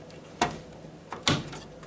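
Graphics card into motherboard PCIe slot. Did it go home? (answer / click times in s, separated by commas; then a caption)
yes / 1.3 s. A graphics card is pressed firmly into a motherboard PCIe slot, and a sharp click sounds at 1.3 s as the retention latch catches and the card is seated. Before that, a similar sharp knock is heard at 0.4 s, followed by softer taps, with a rising scrape at the end of the clip.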